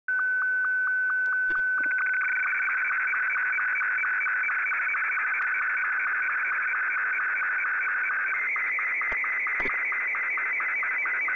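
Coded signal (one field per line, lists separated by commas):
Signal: SSTV (slow-scan television)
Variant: Martin 2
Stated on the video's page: SSTV reception on 14.230 MHz USB.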